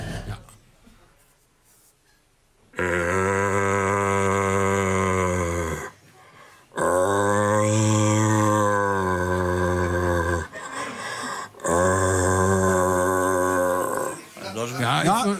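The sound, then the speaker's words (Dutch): A person imitates a rutting deer's bellow, the call of the 'searching deer': three long, loud, deep groaning roars, each lasting several seconds, separated by short pauses, with a rough, resonant, slightly wavering pitch. “Dat is namelijk het zoekend hert. Het zoekend hert. Die heeft dan een burl, waar die dus een beetje bepaalt.”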